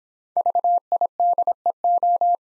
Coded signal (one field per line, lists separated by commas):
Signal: Morse code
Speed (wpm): 26 wpm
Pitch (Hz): 700 Hz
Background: none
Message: VIDEO